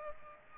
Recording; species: mosquito wingbeat signal from an infrared sensor; Culex pipiens